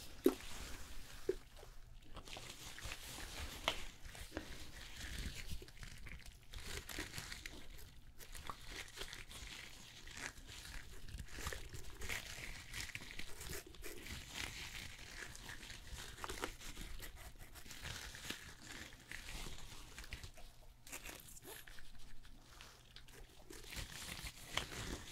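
Hair salon sounds with steady crinkling and rustling handling noises, frequent soft crunches and brief clicks, and a faint low hum underneath throughout.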